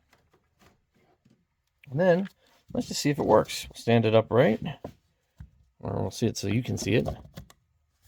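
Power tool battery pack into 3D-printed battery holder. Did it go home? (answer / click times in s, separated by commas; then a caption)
no / none. A power-tool battery pack is handled in front of a 3D-printed wall-mount battery holder while someone talks, with a few faint handling taps in between. The pack has not seated or clicked into the holder yet.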